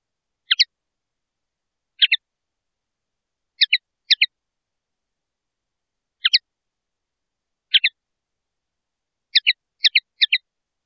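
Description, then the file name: Common linnet twittering in crisp two-note chirps, spaced unevenly throughout and ending in a rapid cluster of three; quiet background. "El canto del pardillo"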